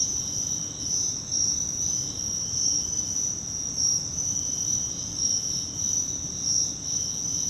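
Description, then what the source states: Cricket chorus, a constant high trilling drone with soft low rumble underneath. Crickets, more than one, in Virginia.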